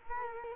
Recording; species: mosquito wingbeat signal from an infrared sensor; Culex quinquefasciatus